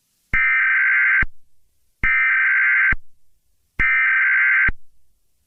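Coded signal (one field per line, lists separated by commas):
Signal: Emergency Alert System (SAME) tones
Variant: header bursts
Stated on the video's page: Mock EAS scenario using valid EAS tones.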